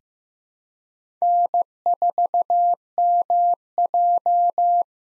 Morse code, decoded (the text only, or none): N4MJ